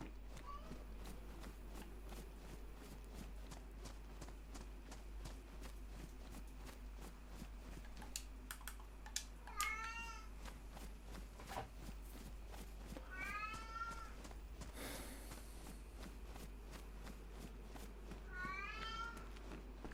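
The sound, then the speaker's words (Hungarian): A cat meows from outside the room three times, spaced several seconds apart, each call a drawn-out, wavering whine over a steady low background hum. “Be se jött a szobába a macska, de jár a szája.”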